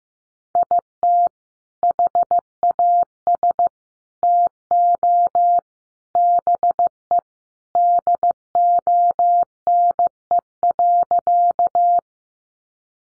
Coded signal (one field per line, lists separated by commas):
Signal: Morse code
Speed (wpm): 15 wpm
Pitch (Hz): 700 Hz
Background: none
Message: IT HAS TO BE DONE.